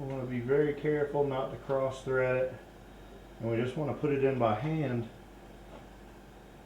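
A spark plug is being started by hand into the cylinder head threads of a 2008 Teryx engine during a coil upgrade install, carefully to avoid cross-threading before it is tightened. Someone talks over a low steady background hum, and no click or distinct mechanical sound is heard. Nothing has seated or clicked yet.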